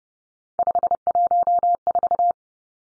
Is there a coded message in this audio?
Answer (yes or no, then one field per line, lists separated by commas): yes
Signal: Morse code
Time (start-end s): 0.6-2.3 s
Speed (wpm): 32 wpm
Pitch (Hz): 700 Hz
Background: none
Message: 514